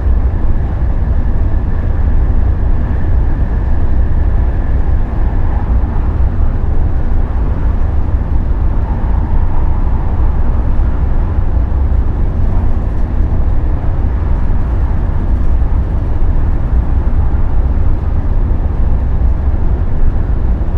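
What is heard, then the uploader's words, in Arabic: A train's steady, dense rumble rolls on without pause, heavy in the low end, with a faint whine rising around the middle. أجواء القطار. عبر ليل أوروبا على متن قطار النوم Thello. يخلق الطنين اللطيف لمحركات القطار الكهربائية السريعة، إلى جانب همس الهواء الخفيف الذي يداعب القطار، خلفية متسقة من الضوضاء البيضاء.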